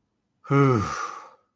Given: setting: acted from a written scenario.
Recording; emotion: vocal sound without words; relief